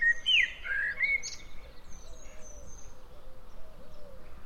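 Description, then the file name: Common blackbird singing a short whistled phrase that swoops up and down, then falls silent; a low, wavering repeated note and other faint birds continue over background rumble. "Turdus merula"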